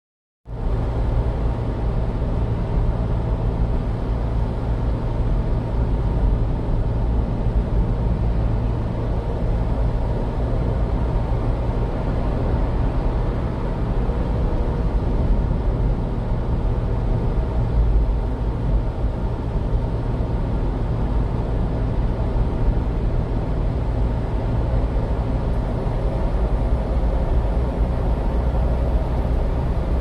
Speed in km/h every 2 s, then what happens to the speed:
71, 71, 70, 70, 71, 72, 72, 72, 72, 71, 71, 71, 73, 76, 78.
0-21 steady at about 71. 21-30 speeds up to 78.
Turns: none.